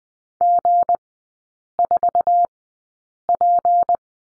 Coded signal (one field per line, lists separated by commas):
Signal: Morse code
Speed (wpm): 20 wpm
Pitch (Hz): 700 Hz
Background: none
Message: G4P